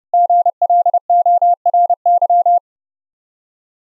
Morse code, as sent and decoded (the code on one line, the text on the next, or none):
--. .-.. --- .-. -.--
GLORY